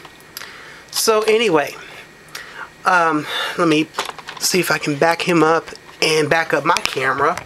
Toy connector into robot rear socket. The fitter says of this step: and uh we're going to just go ahead and slide it in until we hear a click